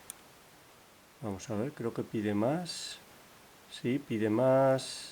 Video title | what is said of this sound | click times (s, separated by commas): 675 FANTÁSTICO CILINDRO GEGE GRUNDMANN, DE 6 PINES eng sub | pide, hace un clic | 0.1 s